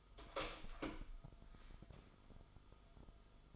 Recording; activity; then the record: daily activity, microphone in the room; open door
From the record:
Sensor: 5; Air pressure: 1005.0 hPa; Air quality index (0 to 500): 102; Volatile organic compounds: 2 ppm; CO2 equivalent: 1247 ppm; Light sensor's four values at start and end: 34/79/31/30 and 34/78/31/30